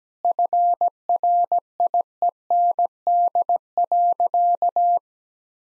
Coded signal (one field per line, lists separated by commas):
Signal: Morse code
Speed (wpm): 17 wpm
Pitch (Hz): 700 Hz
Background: none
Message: FRIEND.